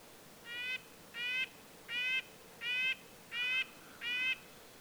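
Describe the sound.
Red-breasted nuthatch calling six short nasal toots in a steady, even series, about one every 0.7 seconds.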